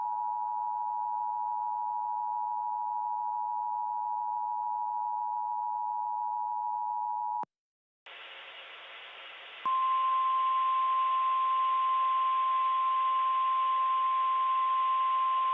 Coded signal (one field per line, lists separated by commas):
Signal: Emergency Alert System (SAME) tones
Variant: 853 and 960 Hz attention tone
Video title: EAS Severe Thunderstorm Warning for Vineland, New Jersey 06/08/21 (New DASDEC Screen Test)